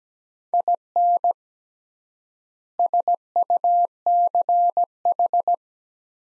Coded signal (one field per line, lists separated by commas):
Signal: Morse code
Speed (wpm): 17 wpm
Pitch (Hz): 700 Hz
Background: none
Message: IN SUCH